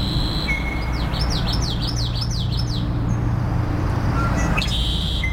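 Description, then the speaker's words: Common Yellowthroat singing a rapid rolling phrase of looping repeated notes, followed by a brief whistle and further chirps over a constant low drone. 'Twitchy, twitchy' song in a live Earth Day marsh broadcast on April 22 at 9:30, Tlokotoxin Marsh, Saturna Island, British Columbia, Canada. "Those are the sounds of the twitchy, twitchy song of the common yellowthroat."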